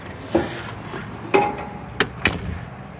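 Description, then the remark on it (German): A door being shut in Cape Town: a soft knock, then a firmer thump, and two quick sharp clicks of the latch close together, with no talking over it. “Jetzt muss ich Tür zumachen.”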